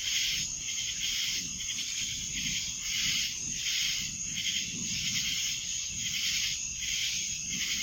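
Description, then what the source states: A wall of cicada sound, a sizzling high buzz throbbing regularly, with a low background rumble beneath. Cicadas recorded in Annapolis in July 2012.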